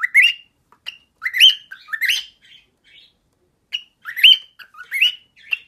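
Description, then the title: Cockatiel singing a few bright rising whistled chirps, sparse and separated by quiet gaps. Several cockatiels singing, whistling. "Calopsitas Cantando Assobio"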